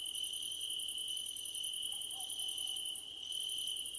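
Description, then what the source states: Crickets chirp continuously: a rapid, shrill pulsed trill over a steady ringing tone, with one short pause near the end. Night-time cricket ambience under a starlit sky.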